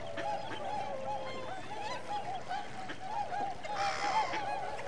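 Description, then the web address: Waterfowl flock calling: a dense chorus of nasal, goose-like honks overlapping continuously, with a brief noisy burst near second four. Winter migrant waterfowl. "BBC Sound Effects Library BBC - Animals and Birds Winter Migrant Waterfowl"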